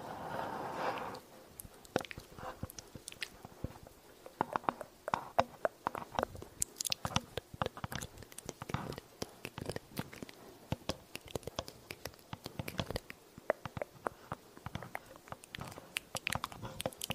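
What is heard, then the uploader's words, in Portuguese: Dry mouth sounds and tapping: dense, irregular crisp clicks and pops throughout, after a brief hissy breath at the start. ASMR usando o microfone TASCAM, fazendo sons de boca e tapping na sensibilidade máxima.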